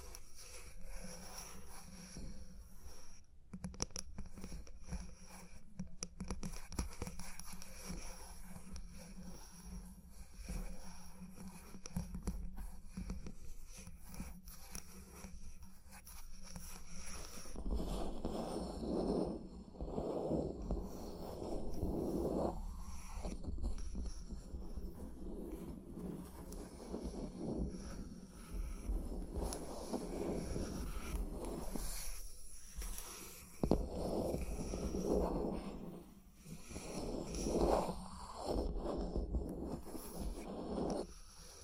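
Sharp, irregular tapping fills the first fifteen seconds, then rougher scratching strokes come in uneven bursts over a steady low hum.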